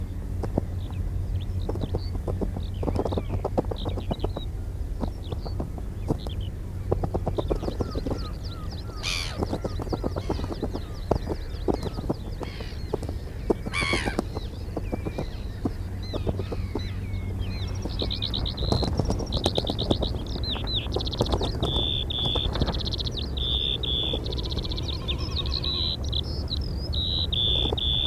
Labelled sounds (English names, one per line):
Ruff call